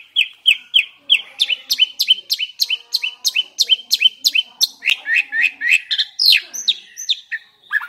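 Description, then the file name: Asian pied starling repeating a bright, squeaky chip-like note in a steady fast series, ending in a few higher slurred whistles. Indonesian name jalak suren; the singing is described as gacor. "suara burung jalak suren gacor"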